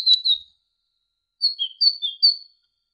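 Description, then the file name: Great tit song, a brief pair of bright whistled notes followed after a pause by a run of alternating high and lower notes. Indonesian masteran recording of great tit song for training songbirds, uploaded November 2014. "suara masteran great tit"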